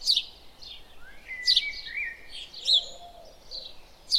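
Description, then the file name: House sparrow giving bright, clipped chirps at irregular intervals, with softer twittering notes between. "Passer domesticus"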